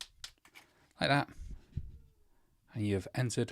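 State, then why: Torque reached. A steel masonry drill bit is locked into the keyless chuck of an Erbauer cordless drill as the plastic chuck sleeve gets a final hand tighten. Ratchet clicks sound at 0.0 s and 0.2 s as the sleeve locks the jaws onto the bit, followed by someone talking. The bit ends up tightened in the chuck.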